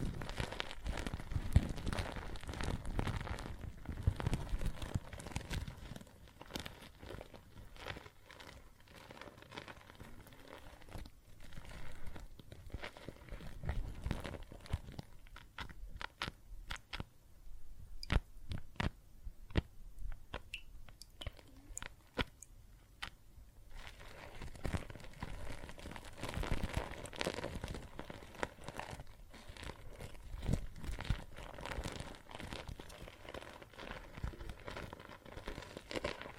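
Water and soap foam make a dense, continuous field of tiny crackles and pops, like bubbles bursting and foam being squeezed. The crackling is thicker and fuller in the first twelve seconds and again after about twenty-four, thinning to sparser, sharper pops in between.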